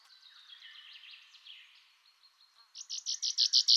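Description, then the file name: Common chaffinch song: a series of descending buzzy notes, then a loud, fast series of bright repeated notes toward the end. "Fringilla coelebs"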